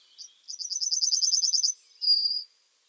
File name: Yellowhammer Emberiza citrinella